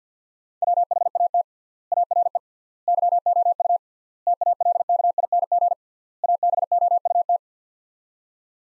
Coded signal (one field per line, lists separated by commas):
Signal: Morse code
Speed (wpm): 50 wpm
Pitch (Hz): 700 Hz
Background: none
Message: WHAT ARE YOU TALKING ABOUT